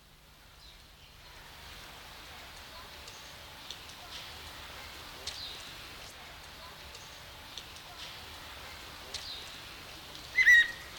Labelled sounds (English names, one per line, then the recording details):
Greater Necklaced Laughingthrush call
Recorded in captivity
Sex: male
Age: adult
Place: Zoo Berlin, Berlin, DE
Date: 1993-10-16
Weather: heiter, 6-10 °C
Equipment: Marantz CP 430, Sennheiser MKH 416 T, Kopie Uher Variocord 263
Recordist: Tembrock, Günter
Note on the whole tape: Lautfolgen (10 m)